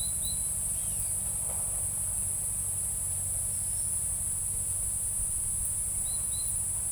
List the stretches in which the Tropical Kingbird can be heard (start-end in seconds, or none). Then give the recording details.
none. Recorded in forest near Pivijay, Magdalena, Colombia, on 2 June 2023 at 13:30. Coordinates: 10.467, -74.380. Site Z5-G034